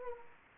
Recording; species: mosquito wingbeat signal from an infrared sensor; Anopheles arabiensis